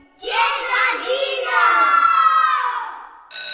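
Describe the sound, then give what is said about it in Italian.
A loud burst of children shouting and whooping together at school recess, high-pitched voices swelling into a sustained excited roar for about three seconds before trailing off abruptly. “E ora, bambini, ricreazione!”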